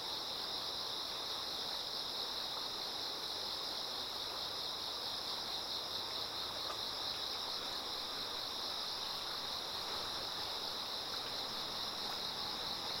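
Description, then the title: Dense insect chorus holds a steady high whine while river water flows constantly beneath it. Many insects singing in chorus beside a slowly flowing river. "流れる川の音、虫の歌声に身を任せて"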